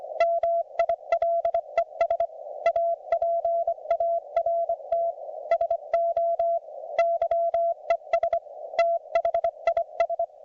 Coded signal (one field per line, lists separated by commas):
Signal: Morse code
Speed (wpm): 25 wpm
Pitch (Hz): 690 Hz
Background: none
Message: MILES APART SO YES THIS